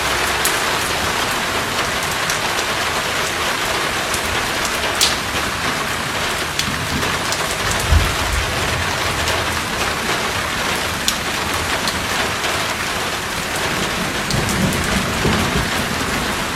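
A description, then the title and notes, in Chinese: Light rain falls steadily on an umbrella, a dense, even patter of fine drops overhead. Occasional sharper taps stand out around 5, 8 and 11 seconds, with a soft low rumble beneath the hiss throughout. 雨天。窗边。雨伞。细雨。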